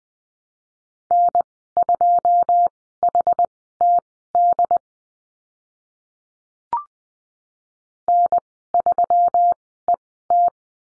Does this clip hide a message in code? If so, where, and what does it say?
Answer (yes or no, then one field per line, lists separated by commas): yes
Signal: Morse code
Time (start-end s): 1.1-10.5 s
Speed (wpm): 20 wpm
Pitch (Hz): 700 Hz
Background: none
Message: N2HTD N3ET